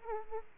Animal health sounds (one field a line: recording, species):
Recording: mosquito wingbeat signal from an infrared sensor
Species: Aedes aegypti